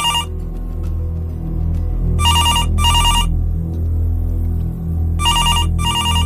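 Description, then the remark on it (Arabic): A reception desk telephone rings in two double bursts, each a bright, buzzy trill, with a steady low hum underneath and a pause between the pairs; the call is coming from room 110. “يعني ساعة بعد ما يعني ما خرجت و لقيت التليفون بتاع الاستقبال بيرن، مش عارف ليه.”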